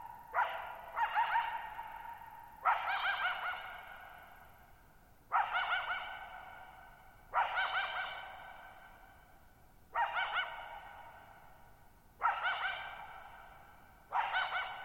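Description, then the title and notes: Coyote repeatedly barks and yips, seven quavering bursts roughly every two seconds, each ringing into a long echo that barely fades before the next. Lone coyote at night, July 14, 2019, Thirtymile Meadows, Okanogan National Forest, Okanogan High Country, 6400 ft (1950 m); tall sharp mountains on a high, mostly dry plateau; shallow bowl-shaped meadow over boggy ground. "Lone Coyote at Thirtymile Meadows. I spent the night of July 14, 2019, camped near Thirtymile Meadows in the Okanogan National Forest at 6400 ft (1950 m)"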